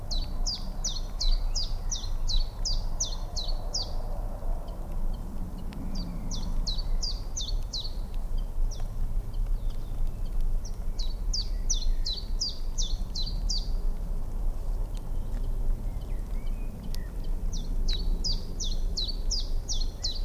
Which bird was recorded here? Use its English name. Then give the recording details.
Common Chiffchaff. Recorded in the wild. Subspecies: collybita. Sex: male. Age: adult. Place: Spitzberg, Tübingen, Baden-Württemberg, DE. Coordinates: 48.5167, 9.01667. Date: 1969-04-21 12:00. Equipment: Nagra III PH, MKH 805, LGS26. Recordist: Faber, A., Nedo and Schneider, H.-J